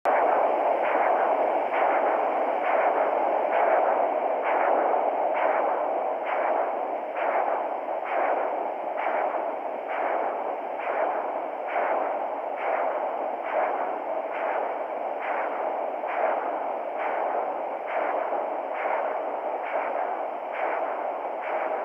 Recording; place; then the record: Doppler ultrasound of blood flow; carotid artery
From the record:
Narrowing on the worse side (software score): normal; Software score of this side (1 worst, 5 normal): 5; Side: left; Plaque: no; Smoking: never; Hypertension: no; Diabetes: no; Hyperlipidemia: no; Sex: male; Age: 52 years